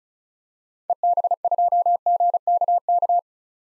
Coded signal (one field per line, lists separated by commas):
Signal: Morse code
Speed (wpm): 36 wpm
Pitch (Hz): 700 Hz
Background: none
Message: EB2GKK